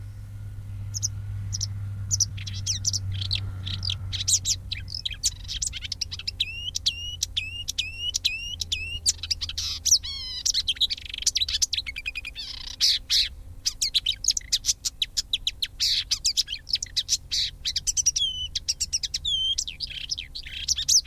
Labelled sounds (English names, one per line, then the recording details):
Marsh Warbler
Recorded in the wild
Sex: male
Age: adult
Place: Wiesenthau, Bayern, DE
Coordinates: 49.7128, 11.1353
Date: 1961-05-22
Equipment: Stellavox SM 4, Original, Vollspur
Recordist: Tretzel, Erwin